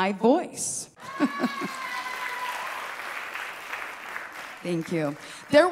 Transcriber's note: audience cheering